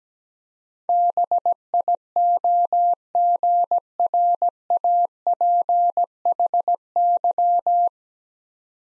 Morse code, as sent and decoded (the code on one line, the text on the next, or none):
-... .. --- --. .-. .- .--. .... -.--
BIOGRAPHY